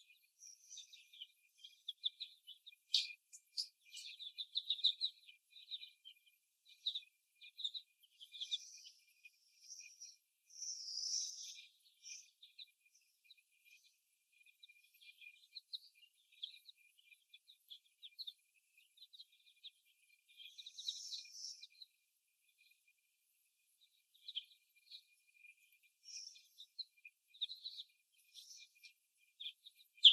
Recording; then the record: young laying hens in a cage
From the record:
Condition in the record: before the stressor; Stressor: simulated dog barking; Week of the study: 1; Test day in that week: 1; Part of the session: 1